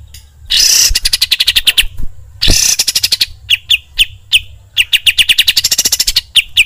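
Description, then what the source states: Sooty-headed bulbul singing rapid strings of sharp chip-like notes, opened by harsh hissing bursts, then evenly spaced ringing whistles speeding into quick trills. Songbird training recording (masteran), described as deluxe.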